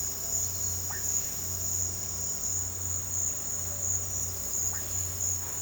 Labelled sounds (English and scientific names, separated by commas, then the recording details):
none
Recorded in pastures near Puerto Asís, Putumayo, Colombia, on 8 March 2025 at 16:30
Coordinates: 0.466, -76.322
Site CSA-02